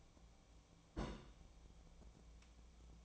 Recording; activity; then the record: daily activity, microphone in the room; place on stove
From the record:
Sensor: 1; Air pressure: 1000.0 hPa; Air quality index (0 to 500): 135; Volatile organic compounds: 2 ppm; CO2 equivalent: 1279 ppm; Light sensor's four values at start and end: 44/113/47/59 and 44/112/47/59